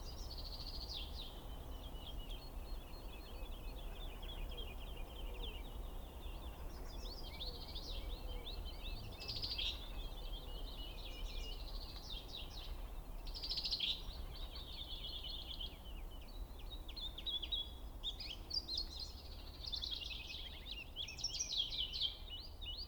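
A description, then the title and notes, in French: At daybreak a chaffinch sings repeatedly, its bright trilling phrases rising and falling through the whole clip and growing louder toward the end. Other small birds chirp faintly around it, over a low, steady outdoor rumble. Plateau de Lesches en diois - Drôme - Nagra BB+ - couple cardio mkh40. Enfin le redoux est là et les premiers chants d'oiseaux commencent à s'installer dans le paysage. Cette nuit, j'ai laissé mes micros près d'un petit bois de pins sylvestres. Au lever du jour c'est au tour d'un pinson des arbres de faire ses gammes.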